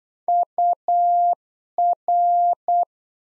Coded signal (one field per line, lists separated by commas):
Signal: Morse code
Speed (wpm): 8 wpm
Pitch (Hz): 700 Hz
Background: none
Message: UR